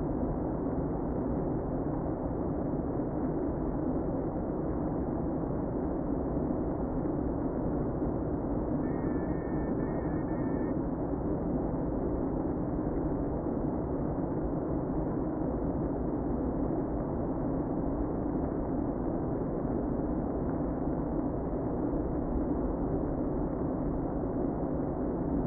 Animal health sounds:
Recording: honeybee colony, microphone inside the hive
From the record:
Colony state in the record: queen present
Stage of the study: before two queens were removed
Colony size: about 60,000 bees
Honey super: yes

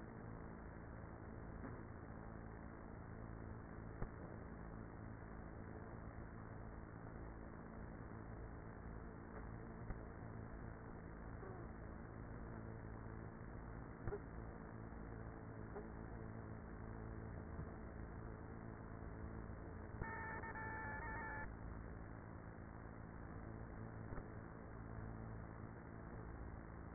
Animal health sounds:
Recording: honeybee colony, microphone inside the hive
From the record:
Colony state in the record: queenless with a low population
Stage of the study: after two queens were removed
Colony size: about 30,000 bees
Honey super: no

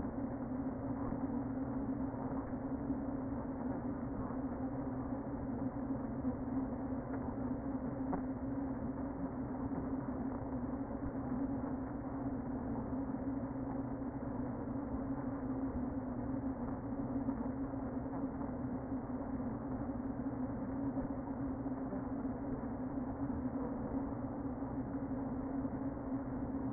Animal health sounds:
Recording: honeybee colony, microphone inside the hive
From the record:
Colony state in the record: queen present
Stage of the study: before two queens were removed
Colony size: about 60,000 bees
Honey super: yes

